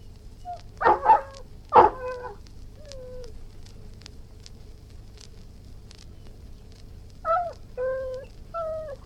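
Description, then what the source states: Irish Wolfhound giving a few barks, then a short whine, then three rising and falling whines near the end over a low hum. Howling, barking and whining.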